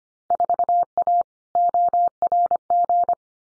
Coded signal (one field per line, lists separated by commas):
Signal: Morse code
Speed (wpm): 25 wpm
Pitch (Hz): 700 Hz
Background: none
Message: 4A ORG